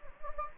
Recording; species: mosquito wingbeat signal from an infrared sensor; Anopheles gambiae